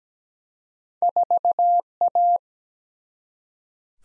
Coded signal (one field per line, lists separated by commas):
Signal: Morse code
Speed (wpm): 17 wpm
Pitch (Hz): 700 Hz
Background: none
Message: 4 A